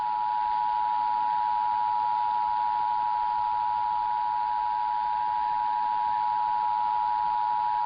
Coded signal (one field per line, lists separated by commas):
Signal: Emergency Alert System (SAME) tones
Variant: 853 and 960 Hz attention tone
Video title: [EAS #1928-#1943] Part 2 of Testing Mania Week (12/06/22 -12/08/22)